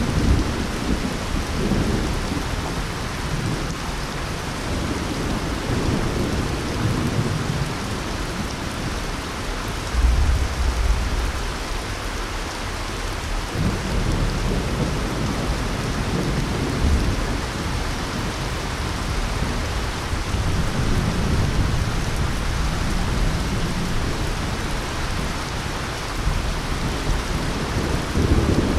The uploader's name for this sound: Heavy Rain and Thunder Sounds On Glass Roof at Night